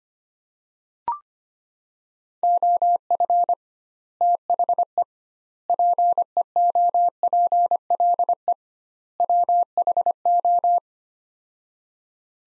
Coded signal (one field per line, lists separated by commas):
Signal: Morse code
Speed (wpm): 25 wpm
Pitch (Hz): 700 Hz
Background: none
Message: OF THE PEOPLE WHO